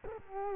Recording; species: mosquito wingbeat signal from an infrared sensor; Culex quinquefasciatus